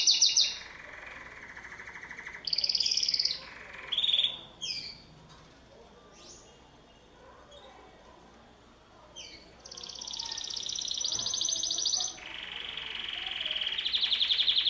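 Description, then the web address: Canary song of high rolling trills that shift pitch between phrases, broken by short pauses and a few quick sliding notes before a long steady trill returns. "Golchin Best Canari Seda Canari. Niyaz Music)"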